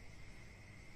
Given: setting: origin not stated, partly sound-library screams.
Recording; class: one-second piece from a danger detection set; normal situation